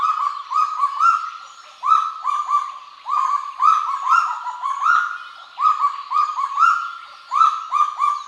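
Kagu calling continuously with dense, overlapping tonal notes, each abruptly started and sustained, forming an almost unbroken chattering series.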